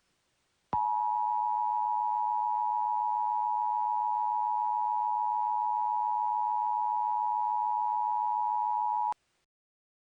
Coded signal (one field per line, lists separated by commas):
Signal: Emergency Alert System (SAME) tones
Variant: 853 and 960 Hz attention tone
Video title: California Nightmare (A EAS mini Scenario)